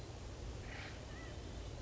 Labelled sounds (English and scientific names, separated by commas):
Acorn Woodpecker (Melanerpes formicivorus)